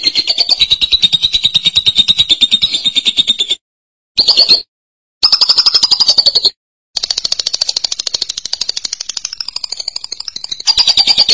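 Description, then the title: Lovebird calling in fast, shrill, pulsed chattering bursts, separated by a few short silent breaks. "Suara Burung Lovebird"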